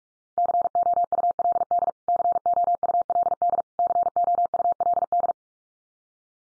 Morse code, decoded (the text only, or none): COULD COULD COULD